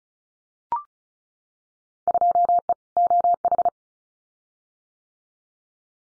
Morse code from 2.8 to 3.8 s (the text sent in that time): OH